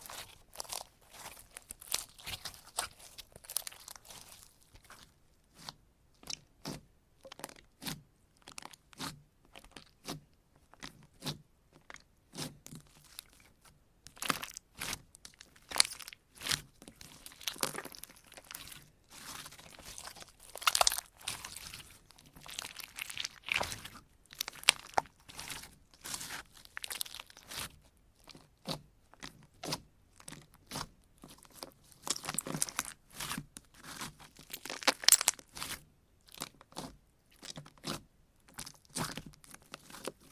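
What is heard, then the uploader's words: Slime being squished and worked by hand, a dense run of sharp, bright crackles and pops with soft, sticky squelches underneath. The clicks come in irregular bursts throughout, busiest around the middle and near the end. Satisfying Slime Sounds Asmr No Talking.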